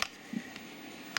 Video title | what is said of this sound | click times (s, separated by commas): How To Assemble & Put Up A Window Blind | Heard it click, that's clicked. | 1.2 s